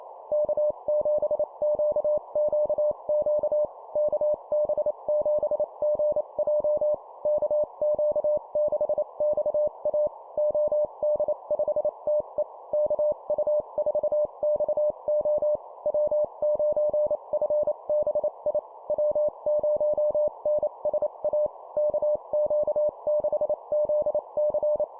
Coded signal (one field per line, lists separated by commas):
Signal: Morse code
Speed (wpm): 28 wpm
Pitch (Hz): 600 Hz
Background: none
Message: K7QQQ KB7GJ KQ6XA OD5TE KU4XO W9FBI W0NSA KQ6ZC